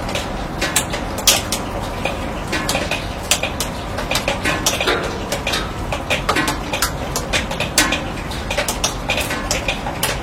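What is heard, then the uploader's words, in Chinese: Raindrops fall on a steel roof, a dense, steady patter of sharp metallic taps that never lets up across the ten seconds. Individual drops ring out brightly and irregularly, some louder hits standing out, over a constant low rushing wash. 雨水滴落在钢铁顶棚。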